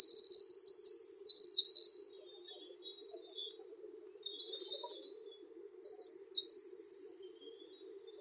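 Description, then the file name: Eurasian wren singing a fast, high-pitched torrent of trills for two seconds, then a faint short phrase, then a shorter loud burst of rattling notes; faint low hum beneath. "krapivnik"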